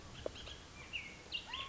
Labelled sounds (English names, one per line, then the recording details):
Bullock's Oriole
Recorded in Sonoma County, California